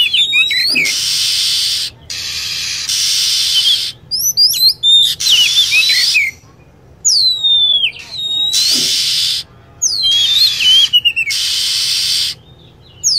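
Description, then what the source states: Lovebird calls: repeated sharp descending whistles and chattering chirps alternating with steady hissing bursts throughout. Used as a lure sound for attracting birds.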